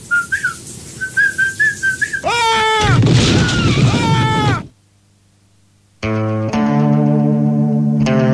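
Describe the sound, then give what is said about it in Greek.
A man whistles a light tune in his bath, then it breaks off into a sudden loud tumble out of the bathtub with a wavering, sliding cry of pain, then brief silence before steady buzzy tones come in. “Αυτό ήταν τούμπα στο τέλος, έπεσε από την πανιέρα και λογικό να παθαίνει διάφορο και γι' αυτό το επιφώνημα που είναι χαράς για όλους εμάς αλλά για τον ίδιο ήταν επιφώνημα πόνου.”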